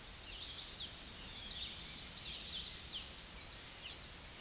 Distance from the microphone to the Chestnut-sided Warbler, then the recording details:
about 40 m. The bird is about 5 m below the microphone. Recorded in a Pennsylvania forest on 16 May 2024 at 07:24. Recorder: AudioMoth, point MSD-0438. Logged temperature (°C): 14.5 °C. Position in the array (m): 77 m, 69 m